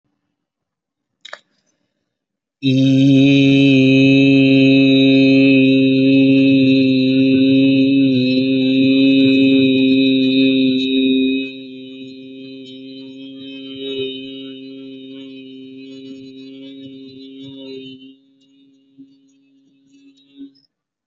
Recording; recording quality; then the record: sustained vowel as in beet; excellent, no background noise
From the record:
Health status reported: healthy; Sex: male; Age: 27 years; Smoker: yes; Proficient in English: no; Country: India